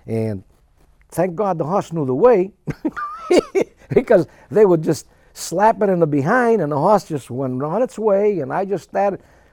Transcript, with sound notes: And thank God the horse knew the way. ( he laughs ) Because they would just slap it on the behind, and the horse just went on its way, and I just started.